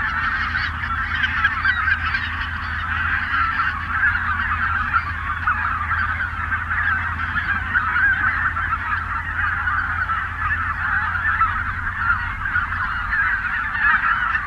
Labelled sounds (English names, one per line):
Greater White-fronted Goose call